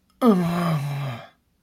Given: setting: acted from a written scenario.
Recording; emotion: vocal sound without words; pain